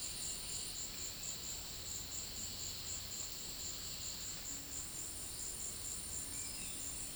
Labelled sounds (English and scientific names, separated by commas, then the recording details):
none
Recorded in dense forest near Puerto Asís, Putumayo, Colombia, on 21 February 2024 at 15:00
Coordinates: 0.502, -76.324
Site G6370